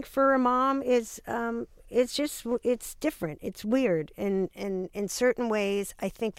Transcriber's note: none